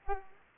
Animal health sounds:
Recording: mosquito wingbeat signal from an infrared sensor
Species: Aedes aegypti

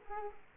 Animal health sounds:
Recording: mosquito wingbeat signal from an infrared sensor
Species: Culex quinquefasciatus

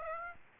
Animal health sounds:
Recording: mosquito wingbeat signal from an infrared sensor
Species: Aedes aegypti

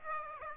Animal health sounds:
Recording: mosquito wingbeat signal from an infrared sensor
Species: Aedes aegypti

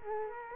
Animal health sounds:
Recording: mosquito wingbeat signal from an infrared sensor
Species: Culex quinquefasciatus

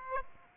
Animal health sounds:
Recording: mosquito wingbeat signal from an infrared sensor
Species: Aedes aegypti

